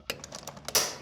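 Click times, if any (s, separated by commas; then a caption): 0.1 s. A flexible conduit connector from a roof vent unit is pushed back into the knockout of a thermostat/humidistat junction box on a Master Flow power attic vent. It clicks into place at 0.1 s with a sharp snap, followed by several lighter taps and rattles and a loud bright hit near the end. The connector is seated.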